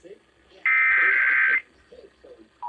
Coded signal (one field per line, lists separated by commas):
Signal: Emergency Alert System (SAME) tones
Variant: header bursts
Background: speech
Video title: KQPS IS NOW KMEE AND A NEW RMT! EAS Tests from July 2023